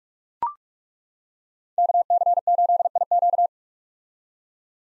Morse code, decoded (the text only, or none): KC8IQ